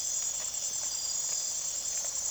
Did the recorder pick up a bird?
no